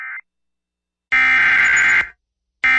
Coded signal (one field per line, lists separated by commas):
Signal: Emergency Alert System (SAME) tones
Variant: header bursts